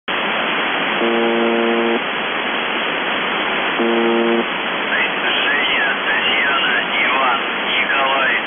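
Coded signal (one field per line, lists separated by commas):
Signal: numbers station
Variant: UVB-76 (The Buzzer)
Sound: two low harsh buzzes about a second long, then warbling tones in static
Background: radio static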